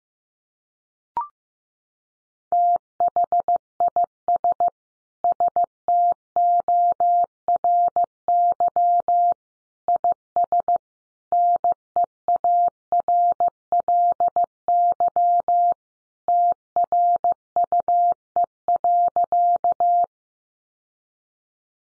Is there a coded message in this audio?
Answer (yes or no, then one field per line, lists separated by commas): yes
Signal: Morse code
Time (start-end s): 2.5-20.0 s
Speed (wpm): 14 wpm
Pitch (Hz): 700 Hz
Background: none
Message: THIS STORY IS NEARLY TRUE.